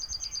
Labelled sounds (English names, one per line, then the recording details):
Yellowhammer song
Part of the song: start
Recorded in the Czech Republic on 17 May 2013
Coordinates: 50.202, 15.018
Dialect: BE
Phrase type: D6
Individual 297284